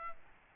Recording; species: mosquito wingbeat signal from an infrared sensor; Aedes albopictus